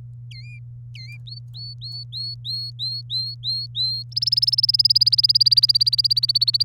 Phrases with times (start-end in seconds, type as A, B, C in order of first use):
0.31-0.59 A, 0.95-1.17 A, 1.27-4.03 B, 4.12-6.63 C